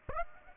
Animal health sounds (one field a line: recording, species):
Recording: mosquito wingbeat signal from an infrared sensor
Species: Aedes aegypti